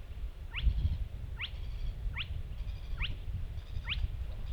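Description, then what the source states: Spotted crake uttering five quick rising 'whitt' notes, close to one per second, with faint softer notes between and steady low noise behind. Recorded on 10 June 2015.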